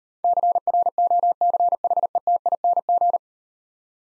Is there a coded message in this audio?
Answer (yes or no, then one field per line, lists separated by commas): yes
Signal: Morse code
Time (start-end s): 0.2-3.2 s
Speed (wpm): 37 wpm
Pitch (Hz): 700 Hz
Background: none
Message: CROCHETING